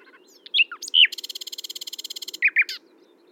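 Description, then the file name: Common nightingale song: a few sharp whistled and slurred notes, then a rapid dry rattle of many clicks lasting over a second, ending with a few bright chirps. "Luscinia megarhynchos"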